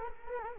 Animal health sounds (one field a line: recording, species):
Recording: mosquito wingbeat signal from an infrared sensor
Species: Culex quinquefasciatus